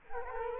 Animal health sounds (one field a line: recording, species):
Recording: mosquito wingbeat signal from an infrared sensor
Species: Culex quinquefasciatus